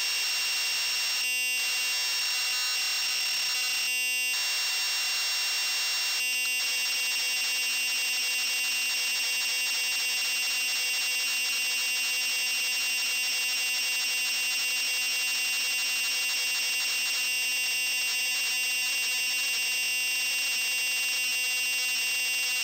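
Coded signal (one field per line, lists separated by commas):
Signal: computer data on cassette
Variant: MSX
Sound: harsh buzzing screech with short pauses early, then steady warbling data noise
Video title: Match Day II (MSX) - Full tape loading sequence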